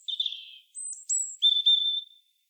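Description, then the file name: European robin delivering a clear phrase of pure, very high whistled notes, some sustained and wavering, ending on a long steady whistle. "Erithacus rubecula"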